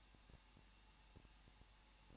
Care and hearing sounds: daily activity, microphone in the room; no activity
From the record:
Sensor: 1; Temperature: 20.1 degrees Celsius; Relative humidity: 39.1%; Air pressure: 1006.5 hPa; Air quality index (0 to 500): 216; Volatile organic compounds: 72 ppm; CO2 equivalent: 3541 ppm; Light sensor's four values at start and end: 1/2/1/1 and 1/2/1/1

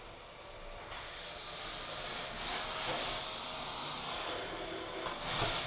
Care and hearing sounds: daily activity, microphone in the room; vacuum cleaning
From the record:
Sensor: 5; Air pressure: 1010.3 hPa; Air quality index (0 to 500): 120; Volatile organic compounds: 2 ppm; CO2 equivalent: 1180 ppm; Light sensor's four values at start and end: 478/1218/505/561 and 477/1215/503/559

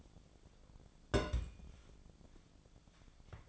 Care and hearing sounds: daily activity, microphone in the room; place on stove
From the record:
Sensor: 5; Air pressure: 1000.0 hPa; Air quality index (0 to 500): 99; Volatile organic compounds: 1 ppm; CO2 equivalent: 802 ppm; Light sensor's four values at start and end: 341/810/349/391 and 341/803/349/391

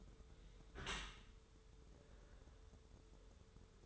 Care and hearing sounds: daily activity, microphone in the room; close dishwasher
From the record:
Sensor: 3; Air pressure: 1014.9 hPa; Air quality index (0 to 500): 35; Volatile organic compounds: 1 ppm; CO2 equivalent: 564 ppm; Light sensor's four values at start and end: 11/26/11/11 and 11/26/11/11

